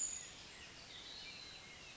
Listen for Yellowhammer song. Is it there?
no